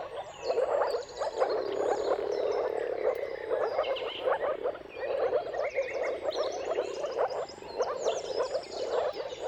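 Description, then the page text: Chorus of moor frogs: continuous soft bubbling calls from many animals, backed by scattered bird trills and whistles. Mating chorus of moor frogs at sunrise, at the turn of March and April depending on the weather; dawn chorus. "Dawn’s Chorus: Mating Calls of Marsh Frogs at Sunrise. Depending on the weather at the turn of March and April, you can witness an amazing spectacle of moor frogs. Jakub-Orzecki moor frogs"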